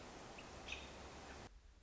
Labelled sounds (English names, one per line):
American Robin